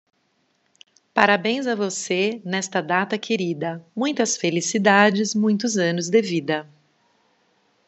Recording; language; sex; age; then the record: short text; Brazilian Portuguese; female; 40 to 49 years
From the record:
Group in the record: control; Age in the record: 45 years